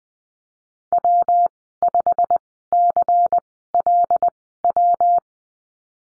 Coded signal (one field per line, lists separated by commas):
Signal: Morse code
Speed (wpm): 20 wpm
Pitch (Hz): 700 Hz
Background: none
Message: W5CLW